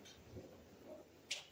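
A small latch on a greenhouse window frame is worked to open the window panel. After quiet low rustling, a single sharp, bright snap sounds at 1.3 s. The latch is released and the window opens, letting air in.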